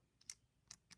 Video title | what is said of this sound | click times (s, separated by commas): Walmart released G1 Soundwave review | and then if you release it and you hear that clicking sound, that means that it's locked in and you can't get it anymore. | 0.3 s, 0.7 s